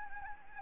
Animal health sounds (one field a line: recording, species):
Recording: mosquito wingbeat signal from an infrared sensor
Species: Anopheles gambiae